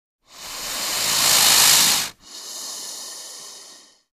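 Snake hissing: a long airy hiss swelling over two seconds, a brief break, then a second softer hiss fading out.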